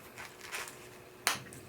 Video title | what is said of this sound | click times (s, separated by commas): Insta360 ACE/ACE PRO 46mm Lens Adapter! | and you'll hear it click. And once it clicks, | 1.3 s